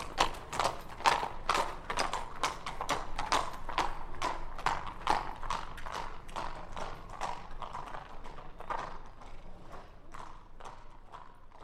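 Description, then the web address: Horse hooves clopping at a walk, sharp repeated knocks more than twice a second, growing gradually quieter throughout. Two horses walking by on cobbles. "Hollywood Edge Historical Series War Horses Armies Weapons Two Horses Walk By On Cobbles"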